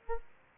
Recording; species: mosquito wingbeat signal from an infrared sensor; Aedes aegypti